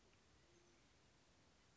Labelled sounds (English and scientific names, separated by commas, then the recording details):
Band-tailed Pigeon (Patagioenas fasciata)
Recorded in Sonoma County, California